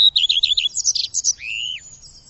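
Bird uttering rapid high chirps, then a longer, clear whistled note that rises slightly and drops away.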